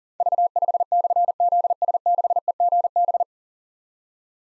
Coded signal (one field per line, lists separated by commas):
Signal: Morse code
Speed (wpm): 39 wpm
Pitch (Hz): 700 Hz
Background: none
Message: V5/ZS6EGB